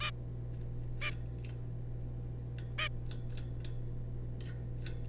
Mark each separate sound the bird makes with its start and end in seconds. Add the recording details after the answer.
0.01-0.11, 1.02-1.11, 2.78-2.88. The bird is a juvenile. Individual R3549